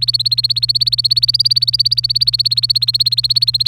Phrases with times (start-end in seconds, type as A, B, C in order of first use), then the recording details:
0.00-3.68 A. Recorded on 25 April 2018 at 05:52. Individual llb3